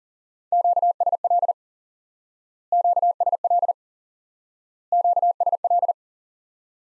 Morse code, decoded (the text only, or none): QSL QSL QSL